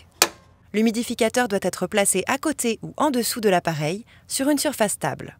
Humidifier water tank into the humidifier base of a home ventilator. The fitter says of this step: Glissez délicatement le réservoir dans son emplacement en appuyant sur le rebord avant et en le faisant glisser jusqu'à entendre le clac.